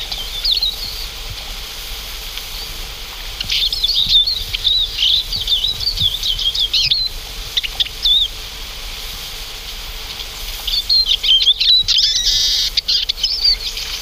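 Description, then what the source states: Eurasian Siskin twittering in bursts, high chirps and slurred whistles in three spells separated by quieter gaps. Small finch-family winter bird that never goes alone and always forms flocks; call closely resembles the Oriental Greenfinch's but leaves out the greenfinch's 'chiriri' part.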